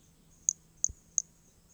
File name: MHNCI Brachy hermogenesi Corcovado specimen one two starting notes lost without interruption